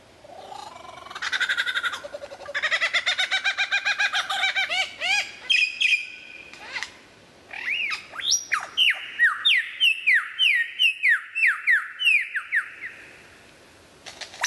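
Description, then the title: White-rumped shama song: a buzzy chattering passage with rapid repeated notes, then a long series of clear downslurred whistles repeated several times per second. Described as the best murai batu of 2014; a mastering (song-tutor) recording for training other birds. "mster Mnuk. Mastering Murai Batu"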